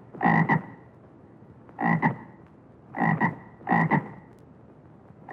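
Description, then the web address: Bullfrog giving croaks, each a quick double pulse, in four bursts at uneven gaps, with a fifth starting at the very end. "Madacy Music Group Inc 292 Sound Effects. Bullfrog"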